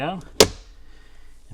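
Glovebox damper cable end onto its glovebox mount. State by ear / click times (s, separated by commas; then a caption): seated / 0.4 s. On a Cadillac VISTIQ, while the cabin air filter access parts are reinstalled, the glovebox is pulled down slightly and the glovebox damper cable end snaps onto its glovebox mount. Someone talks briefly, then a single sharp click sounds at 0.4 s, followed by a quiet tail. The cable end is seated in place.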